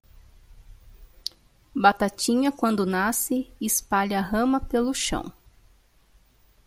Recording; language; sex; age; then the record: short text; Brazilian Portuguese; female; 30 to 39 years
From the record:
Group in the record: control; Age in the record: 39 years